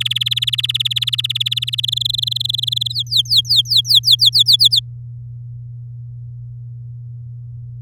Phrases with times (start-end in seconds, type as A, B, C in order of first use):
0.00-1.80 A, 1.83-2.92 B, 2.94-4.29 C, 4.32-4.80 D